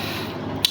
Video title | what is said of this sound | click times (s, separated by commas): DTI PENJELASAN CISCO NETWORK CONNECTIVITY AND EMAIL | eh bunyi itu menandakan bahwasanya dia tuh udah perfect, udah masuk gitu, Guys. | 0.7 s